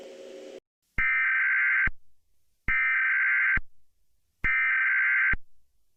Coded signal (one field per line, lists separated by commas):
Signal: Emergency Alert System (SAME) tones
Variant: header bursts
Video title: EAS Mock - 2010 Zombie Warning recreation in 2020